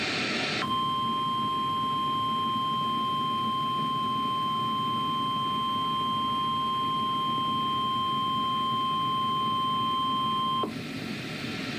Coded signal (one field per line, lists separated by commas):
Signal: Emergency Alert System (SAME) tones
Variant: 1050 Hz attention tone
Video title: EAS #45-46: Required Weekly Test